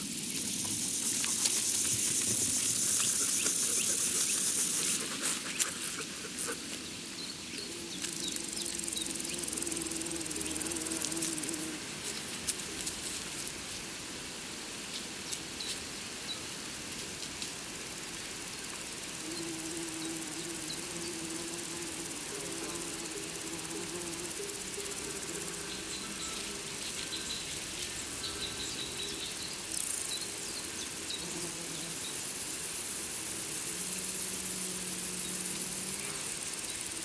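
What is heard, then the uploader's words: A forest soundscape filled with a steady high hiss of insects that swells into louder bright bursts near the start, around ten seconds and again near thirty. Underneath, low humming tones drift in and out, like an engine, while the overall level stays fairly even. Soundscapes from different forests around the world.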